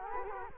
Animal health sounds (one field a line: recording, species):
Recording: mosquito wingbeat signal from an infrared sensor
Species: Culex quinquefasciatus